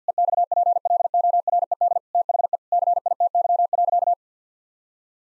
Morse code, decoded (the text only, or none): EXPLORED THE CITY.